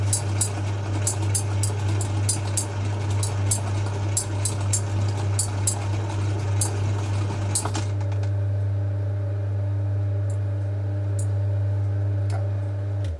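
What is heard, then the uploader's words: Knife chopping in a kitchen: sharp, evenly spaced clicks land about twice a second for the first eight seconds over a dense, fizzy crackle. Then the chopping and sizzle drop away, leaving a steady low hum and one or two stray taps near the end. An episode recorded in the kitchen of the restaurant. ASMR sounds from the kitchen. Tostadas frying, tortellini boiling in pasta and knives methodically chopping carrots.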